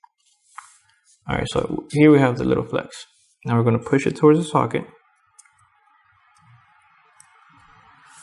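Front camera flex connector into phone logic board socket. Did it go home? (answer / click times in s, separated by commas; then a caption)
no / none. Someone talks while the small, non-rigid front camera flex of an iPhone 5s is pushed toward its socket on the phone's logic board and lined up before being pressed home; the flex is hard to place because it moves side to side. After the talking, a few faint ticks are heard around 5.4 s and 7.2 s over a quiet background. Nothing has seated or clicked yet.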